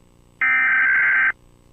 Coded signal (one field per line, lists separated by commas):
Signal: Emergency Alert System (SAME) tones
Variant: header bursts